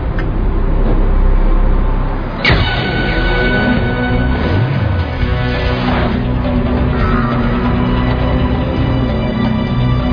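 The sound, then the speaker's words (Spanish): A car engine hums steadily at a modest pace as the vehicle drives around a track, its tone shifting slightly up and down, with one sharp knock early on and no voices. “Estamos dando vueltas a la pista ahora a una velocidad relativamente modesta. Este auto se mueve suavemente y se controla muy bien.”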